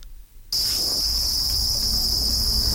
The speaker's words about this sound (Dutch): En …, die doet dus krekels.